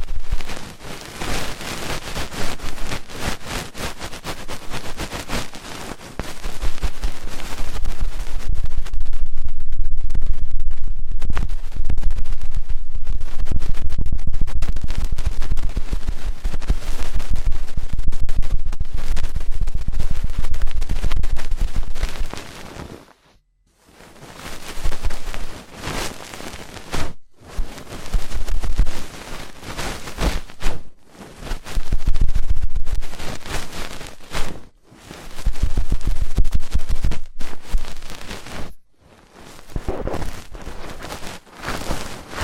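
Fast, intense ear cleaning with dense scratching and rubbing that stays loud and crackly, heaviest in the low end from about 6 to 22 seconds. After a sudden stop near 23 seconds, the rubbing comes in shorter bursts broken by brief silences.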